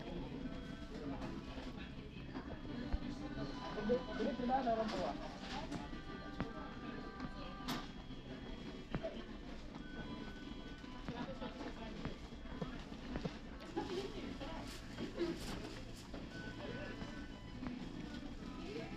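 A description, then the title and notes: Inside a New York McDonald's, a steady wash of overlapping voices fills the whole stretch, with a low hum underneath. Sharp clacks and clatters cut through now and then, most noticeably around eight seconds and again near fourteen to fifteen seconds. NYC sounds: McDonald's.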